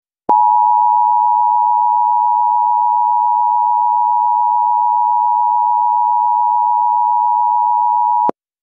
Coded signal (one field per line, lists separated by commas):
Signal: Emergency Alert System (SAME) tones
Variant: 853 and 960 Hz attention tone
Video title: Enough Is Enough (An EAS/Analog Horror Mock)